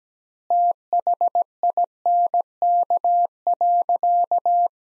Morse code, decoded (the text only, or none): THINK.